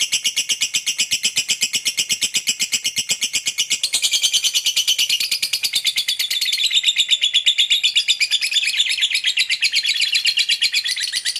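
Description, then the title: Lovebird chattering nonstop with fast, buzzy chirps, slightly irregular, shifting tone around four and seven seconds. Lovebird described as very skilled at memancing, baiting other birds into calling. "Dari Gayanya Lovebird Ini Terlihat Pintar Sekali Memancing"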